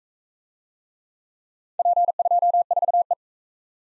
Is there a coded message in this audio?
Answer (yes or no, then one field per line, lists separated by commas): yes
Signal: Morse code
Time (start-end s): 1.8-3.1 s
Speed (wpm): 44 wpm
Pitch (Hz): 700 Hz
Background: none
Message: P24E